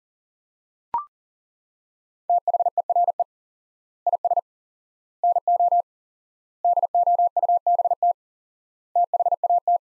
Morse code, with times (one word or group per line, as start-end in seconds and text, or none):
2.3-3.2 THERE
4.1-4.4 IS
5.2-5.8 NO
6.6-8.1 DOUBT
9.0-9.8 THAT